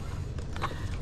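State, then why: Seated. After the fluid level is checked against the minimum mark, a fluid reservoir cap is closed onto its reservoir in a car engine bay. A few soft handling taps lead up to a sharp click at 1.0 s, and the cap locks shut.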